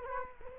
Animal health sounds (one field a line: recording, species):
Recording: mosquito wingbeat signal from an infrared sensor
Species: Culex quinquefasciatus